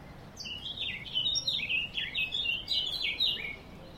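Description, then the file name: Eurasian blackcap warbling in a rapid, tumbling phrase of bright whistled notes that lasts about three seconds, over a soft steady background hiss. "Sylvia atricapilla"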